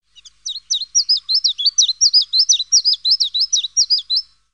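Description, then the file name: Common chiffchaff giving a rapid run of high, sharp zigzag notes for about four seconds, with no other clear sounds. "phylloscopus collybita"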